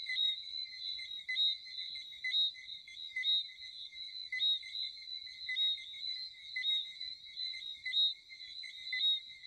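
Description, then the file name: Frog chorus of continuous high, ringing trills that swell slightly in loudness at irregular intervals, otherwise quiet background. "Chant de grenouilles - Sound of frog"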